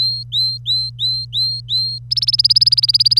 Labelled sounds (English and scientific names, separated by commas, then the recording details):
Domestic Canary (Serinus canaria) song
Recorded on 25 April 2018 at 08:15
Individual llb3